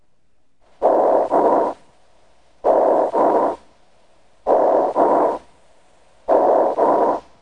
Bronchial breath sounds have a hollow or tubular quality and are high-pitched. They remain audible during inspiration and expiration. These sounds may be auscultated with either the bell or diaphragm of the stethoscope. Bronchial breath sounds over an area of lung tissue consolidation caused by pneumonia sound like this.